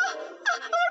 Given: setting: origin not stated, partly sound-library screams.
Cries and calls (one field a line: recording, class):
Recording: one-second piece from a danger detection set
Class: woman in danger